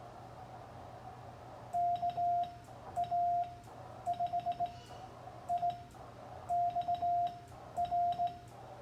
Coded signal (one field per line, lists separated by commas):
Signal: Morse code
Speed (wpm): 17 wpm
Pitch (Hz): 700 Hz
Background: radio noise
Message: KA5IXR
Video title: Morse code practice July 8, 2020